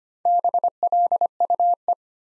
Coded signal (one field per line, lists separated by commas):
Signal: Morse code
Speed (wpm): 25 wpm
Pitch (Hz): 700 Hz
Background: none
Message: BLUE